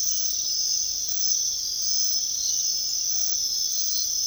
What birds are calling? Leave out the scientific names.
none